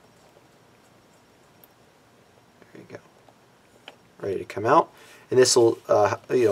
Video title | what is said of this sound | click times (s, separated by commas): Zest LODI Basic Surgical Technique Demonstration | then it should be able to snap right out | 3.9 s